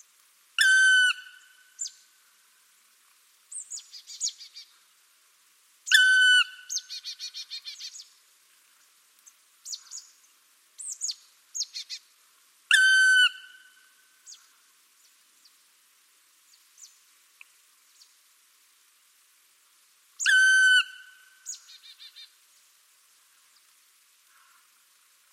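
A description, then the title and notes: Birds sing in bright, repeated phrases, each opening with a loud run of clear descending whistles, then a quieter, rapid trill of twittering notes. The loud phrases come at about 1, 6, 13 and 20 seconds, with scattered softer chirps between them and near silence otherwise. SINGING BIRDS.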